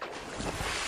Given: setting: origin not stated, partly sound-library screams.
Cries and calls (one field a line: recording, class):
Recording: one-second piece from a danger detection set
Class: normal situation